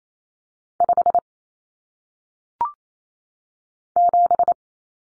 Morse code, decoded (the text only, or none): 5 7